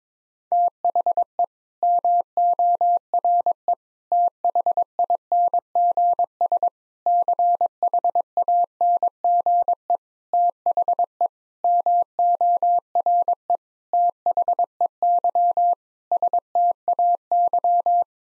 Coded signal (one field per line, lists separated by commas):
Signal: Morse code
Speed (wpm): 22 wpm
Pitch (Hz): 700 Hz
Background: none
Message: THE MORE THINGS CHANGE THE MORE THEY STAY